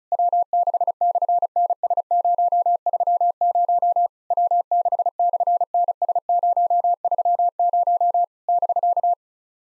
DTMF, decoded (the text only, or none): none